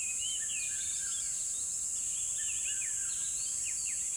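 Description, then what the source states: Birds chirping in a busy chorus, many quick rising and falling notes overlapping, over a steady high hiss throughout. Birds in a river bed at dawn, with chirping increasing.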